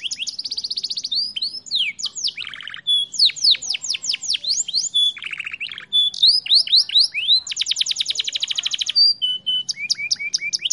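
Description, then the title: Belgian canary singing a fast, varied song of high downward-sweeping notes, buzzy trills and rapid rattling rolls, nearly continuous throughout. Belgian canary breed; warm-up song meant to stimulate singing; tutor recording for training, so young canaries quickly sing long rolling phrases. "Canto Para Esquentar Canário Belga. Kenari AF gacor panjang bagus untuk masteran, Kenari muda cepat gacor ngerol panjang"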